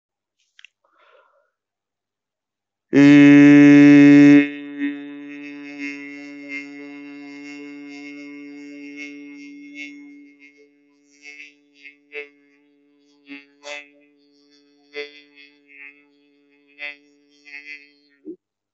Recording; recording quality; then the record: sustained vowel as in beet; excellent, no background noise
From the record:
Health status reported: healthy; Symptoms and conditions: none ticked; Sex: male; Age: 34 years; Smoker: not ticked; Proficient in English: yes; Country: India